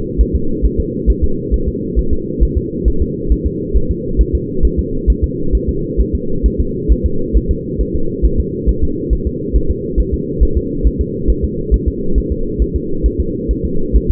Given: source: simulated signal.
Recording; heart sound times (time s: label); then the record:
fetal heart sounds
0.21 s: S1
0.35 s: S2
0.66 s: S1
0.80 s: S2
1.10 s: S1
1.24 s: S2
1.54 s: S1
1.68 s: S2
1.99 s: S1
2.13 s: S2
2.43 s: S1
2.58 s: S2
2.88 s: S1
3.02 s: S2
3.32 s: S1
3.47 s: S2
3.77 s: S1
3.91 s: S2
4.21 s: S1
4.35 s: S2
4.65 s: S1
4.79 s: S2
5.10 s: S1
5.24 s: S2
5.55 s: S1
5.69 s: S2
6.01 s: S1
6.15 s: S2
6.46 s: S1
6.60 s: S2
6.92 s: S1
7.06 s: S2
7.37 s: S1
7.51 s: S2
7.81 s: S1
7.96 s: S2
8.26 s: S1
8.40 s: S2
8.69 s: S1
8.84 s: S2
9.13 s: S1
9.27 s: S2
9.56 s: S1
9.71 s: S2
10.00 s: S1
10.14 s: S2
10.43 s: S1
10.57 s: S2
10.87 s: S1
11.01 s: S2
11.30 s: S1
11.45 s: S2
11.74 s: S1
11.88 s: S2
12.18 s: S1
12.32 s: S2
12.62 s: S1
12.76 s: S2
13.06 s: S1
13.20 s: S2
13.51 s: S1
13.65 s: S2
13.97 s: S1
14.11 s: S2
From the record:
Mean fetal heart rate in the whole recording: 135 bpm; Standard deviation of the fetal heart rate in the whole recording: 3 bpm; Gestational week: 34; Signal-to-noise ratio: -8.1 dB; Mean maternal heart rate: 72 bpm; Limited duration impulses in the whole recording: absent